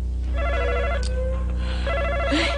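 A telephone rings in two electronic trilling bursts, the warbling tone repeating with a short pause between, steady and fairly loud with no voices.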